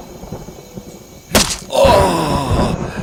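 A sharp thud lands, then a loud, strained human scream rises and holds for over a second, harsh and drawn out before trailing off, with no speech.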